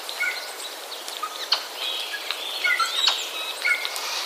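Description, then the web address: Eurasian jay chatter with sharp clicks, thin whistles and little falling chirps tumbling together in a fast, irregular mix. Chatter of jays, recorded 31 March 2013. "wroblowe kolekcja szczebiotsojek 31 03 2013"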